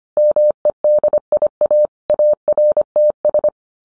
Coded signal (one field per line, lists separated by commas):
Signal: Morse code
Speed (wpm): 25 wpm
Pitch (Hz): 600 Hz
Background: none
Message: MEDIA ARTS